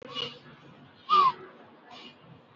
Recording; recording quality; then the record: shallow breathing; poor, much background noise or distortion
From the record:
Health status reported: recovered from COVID-19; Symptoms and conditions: none ticked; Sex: female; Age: 51 years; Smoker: not ticked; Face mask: worn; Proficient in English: yes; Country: India